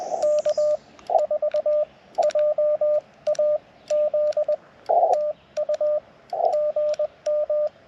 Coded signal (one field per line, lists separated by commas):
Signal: Morse code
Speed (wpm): 20 wpm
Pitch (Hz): 600 Hz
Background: radio noise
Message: K4JAZ TU GM